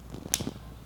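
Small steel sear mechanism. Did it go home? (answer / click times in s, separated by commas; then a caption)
yes / 0.3 s. A metal archery hinge release is rotated back over its sear to reset it. A faint tick comes at 0.1 s, then a single sharp metallic click at 0.3 s as the hinge release head resets onto its sear. The release is reset.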